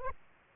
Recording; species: mosquito wingbeat signal from an infrared sensor; Aedes aegypti